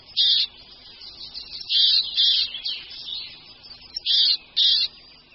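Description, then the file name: Marsh tit calling with harsh, buzzy high bursts, several in a row with short gaps. "Sýkora-babka"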